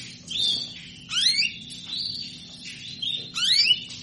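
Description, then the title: Belgian canary song of high whistled warbles and quick sweeping chirps, alternating smooth tones and sharp notes in a lively rhythm over a soft low hum. Belgian canary song played to stimulate canaries into singing; described as a female canary asking to mate. "Canto Para Esquentar Canário Belga. Suara burung kenari betina minta kawin"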